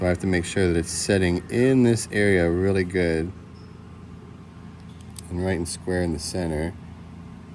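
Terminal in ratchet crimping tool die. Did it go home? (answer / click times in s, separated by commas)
no / none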